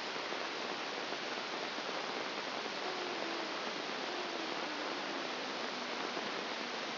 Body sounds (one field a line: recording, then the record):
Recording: brain microelectrode recording played as sound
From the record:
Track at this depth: inside the subthalamic nucleus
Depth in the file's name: 1.705 mm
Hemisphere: left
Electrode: 2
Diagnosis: Parkinson's disease